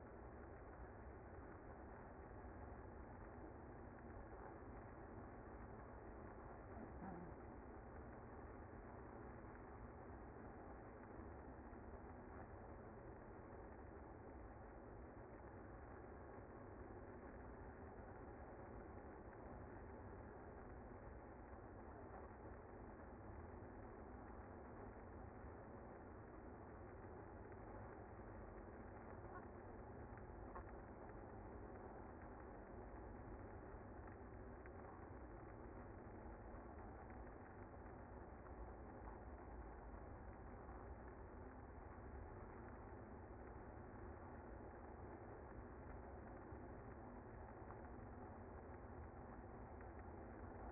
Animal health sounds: honeybee colony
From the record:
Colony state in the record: active

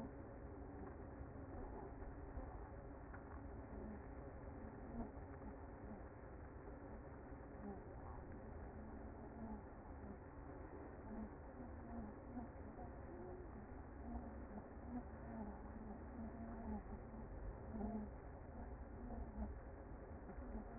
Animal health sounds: honeybee colony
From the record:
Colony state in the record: active

